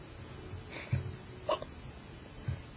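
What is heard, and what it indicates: Three short, abrupt hiccups from an adult in under three seconds, each a quick low thump with a brief catch of voice, spaced about half a second to one second apart. Ordinary hiccups from sudden involuntary diaphragm spasms, over a faint steady hiss.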